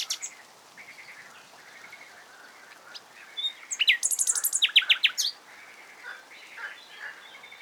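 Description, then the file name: Common nightingale singing a phrase of rapid, loud repeated notes in the middle, surrounded by softer notes. "Luscinia megarhynchos"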